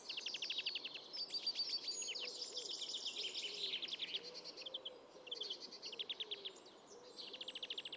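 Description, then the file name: European greenfinch calls: busy dry trills and twittering notes, overlapping, with a lower warbling sound in the background. "Chloris chloris"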